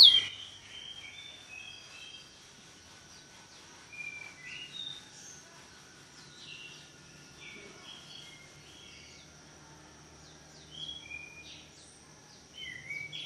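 Bird song of brief high chirps and slurred whistles, scattered irregularly throughout with quiet gaps between them, and a faint steady high tone underneath.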